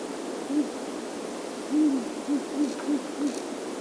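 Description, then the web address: Ural owl hooting: a series of soft, low, short hoots, with one longer doubled hoot, over quiet background hiss. Recorded 29 February 2008 at 23:55, around midnight, with an MKE 300 microphone. "hlehto. strura 2355 ylane"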